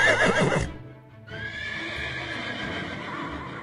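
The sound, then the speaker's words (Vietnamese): A horse neighs as a weapon swings down in a fight, a loud, quavering whinny that breaks off briefly, followed by a longer, wavering high-pitched neigh with a low rumbling background and no talking. “Cây diều đá vun vút kèm với tiếng ngựa hí mà bổ thẳng xuống.”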